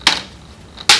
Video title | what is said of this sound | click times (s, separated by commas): How to Repair HP Chromebook G4 EE - Reassembly Video | these clicks are the clips on the LCD bezel | 0.1 s, 0.9 s